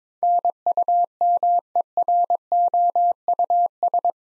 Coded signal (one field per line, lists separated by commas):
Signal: Morse code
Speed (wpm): 22 wpm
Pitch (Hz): 700 Hz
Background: none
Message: NUMEROUS